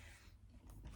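A wheelchair's wheel brake lever is pulled past the point where it feels locked, and at 0.7 s it gives a short, sharp click over a low background rumble. The brake is then locked, so the chair is stuck and can't roll.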